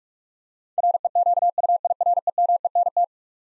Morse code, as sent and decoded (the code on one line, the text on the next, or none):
.-. . --.- ..- .. .-. . -- . -. -
REQUIREMENT